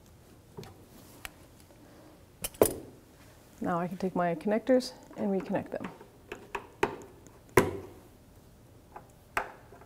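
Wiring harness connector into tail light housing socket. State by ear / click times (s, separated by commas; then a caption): seated / 7.6 s, 9.4 s. Wiring harness connectors are pushed back onto the inner tail light housing sockets of a 2011–2017 Honda Odyssey until their plastic locking tabs lock in. Someone talks, and light plastic handling taps are heard around it. Sharp clicks at 7.6 s and 9.4 s confirm the connectors are seated.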